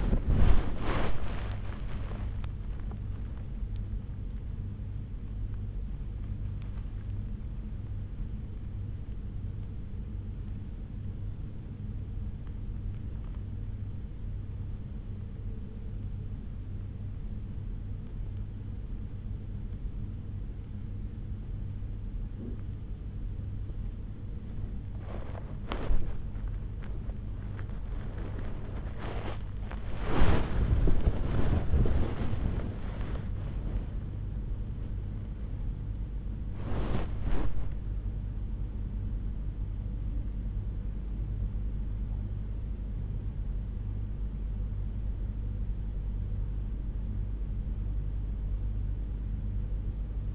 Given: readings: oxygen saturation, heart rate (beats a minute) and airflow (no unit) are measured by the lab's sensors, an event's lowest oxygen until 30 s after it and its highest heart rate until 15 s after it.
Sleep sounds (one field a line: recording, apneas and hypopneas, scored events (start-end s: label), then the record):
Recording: breathing in sleep by a smartphone at the bedside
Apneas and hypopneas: 1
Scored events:
10.00-30.90 s: hypopnea (N1, oxygen 96% highest, then 94% lowest, heart rate 76 at the start, 79 highest)
From the record:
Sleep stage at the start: N1 (lightest sleep)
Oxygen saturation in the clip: 94 to 96%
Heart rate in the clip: 67 to 83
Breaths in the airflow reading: 11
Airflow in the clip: -6.4 to 6.9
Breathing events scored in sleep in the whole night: 368 in 8.0 hours asleep